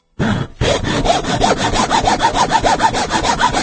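Steady, loud sawing with quick back-and-forth strokes in an even rhythm, roughly three per second, with a raspy, gritty tone. There is a brief break just after it starts, and no voices.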